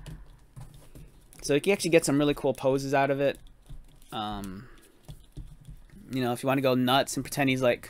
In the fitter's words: time you pull it out it actually has indents and it'll click into place so